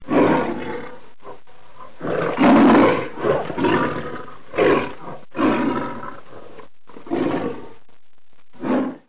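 Lion roaring: a series of deep, rasping roars of varying length, repeated with short pauses.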